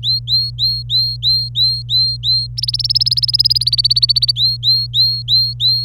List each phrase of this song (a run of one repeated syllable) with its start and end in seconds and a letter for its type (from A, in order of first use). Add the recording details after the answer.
0.03-2.47 A, 2.57-4.32 B, 4.36-5.84 A. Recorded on 26 April 2018 at 09:36. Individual llb3